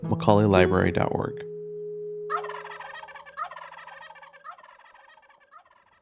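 Wild Turkey gobble: a loud, fast rattling burst lasting about a second, followed by a steady hum and a fainter repeated sound that fades.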